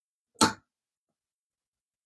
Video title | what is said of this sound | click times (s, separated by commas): LATCH Installation, Maxi Cosi Mico 30 | I'm going to line it up with the latch in my car and I'm just going to push it in and hear a clicking sound | 0.4 s